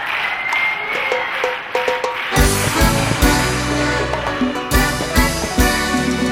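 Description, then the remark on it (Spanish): A crowd applauds and cheers with faint music underneath as the curtain rises at the start of a live show in Buenos Aires, then a loud band bursts in after about two seconds with heavy bass and beats, burying the clapping. “Con los aplausos, es hora de comenzar este show.”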